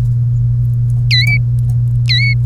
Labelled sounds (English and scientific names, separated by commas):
Domestic Canary (Serinus canaria) song